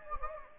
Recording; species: mosquito wingbeat signal from an infrared sensor; Anopheles gambiae